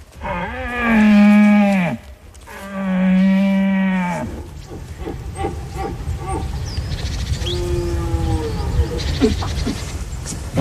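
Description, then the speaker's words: Red deer stag rutting roars: two long, deep, drawn-out bellows, then a fainter third roar. Bull red deer calling during the rut in the Gorce mountains, from the direction of Turbacz near Czerwony Groń, answering a hunter approaching while imitating a lone bull. "Odezwał się nam pierwszy byk od strony Turbacza z rejonu Czerwonego Gronia."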